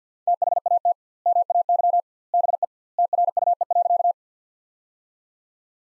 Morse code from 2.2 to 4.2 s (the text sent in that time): BE TRUE.